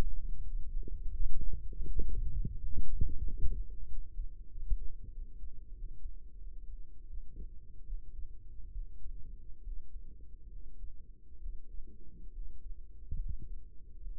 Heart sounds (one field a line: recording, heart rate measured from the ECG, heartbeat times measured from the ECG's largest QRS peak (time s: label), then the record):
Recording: heart sounds by microphone in the right ear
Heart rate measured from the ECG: 79 bpm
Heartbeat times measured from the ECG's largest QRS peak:
0.42 s: heartbeat
1.13 s: heartbeat
1.86 s: heartbeat
2.56 s: heartbeat
3.23 s: heartbeat
3.87 s: heartbeat
4.49 s: heartbeat
5.11 s: heartbeat
5.74 s: heartbeat
6.37 s: heartbeat
7.07 s: heartbeat
7.84 s: heartbeat
8.71 s: heartbeat
9.62 s: heartbeat
10.49 s: heartbeat
11.39 s: heartbeat
12.31 s: heartbeat
13.18 s: heartbeat
14.01 s: heartbeat
From the record:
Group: healthy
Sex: male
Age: 35 years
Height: 178 cm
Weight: 64 kg